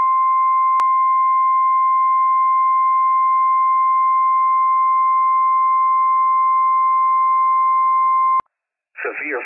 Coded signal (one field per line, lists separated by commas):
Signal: Emergency Alert System (SAME) tones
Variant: 1050 Hz attention tone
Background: speech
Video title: Late Night/Early Morning Severe Thunderstorm - EAS #243-244 - 7/6-7/22